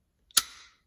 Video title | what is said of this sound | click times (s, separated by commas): The Ruger Rain Dance: Easily disassemble & reassembled the Ruger 22/45 | We're going to apply pressure on the bolt stop pin until we hear that click right there. | 0.4 s